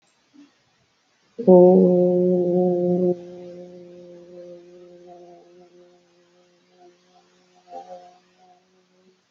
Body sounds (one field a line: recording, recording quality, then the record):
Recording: sustained vowel as in boot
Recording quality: moderate, slight background noise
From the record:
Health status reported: healthy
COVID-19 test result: negative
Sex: female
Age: 37 years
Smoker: yes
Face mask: not worn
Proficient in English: yes